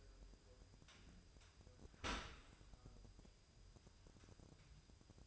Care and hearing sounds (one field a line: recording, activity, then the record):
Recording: daily activity, microphone in the room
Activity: open dishwasher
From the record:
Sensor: 2